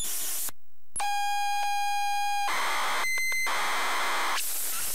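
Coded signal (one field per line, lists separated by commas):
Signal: ZX Spectrum tape loading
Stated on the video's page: ZX Spectrum +3 loading from a WH Smith CPD8300 cassette player, captured via Elgato capture card and SCART to HDMI upscaler.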